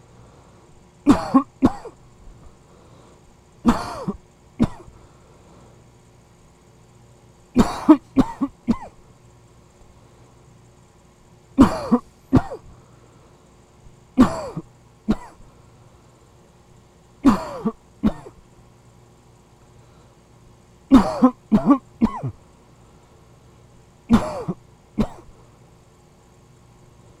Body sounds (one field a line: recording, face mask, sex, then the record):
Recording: voluntary coughing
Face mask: surgical mask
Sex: male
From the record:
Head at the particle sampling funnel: facing it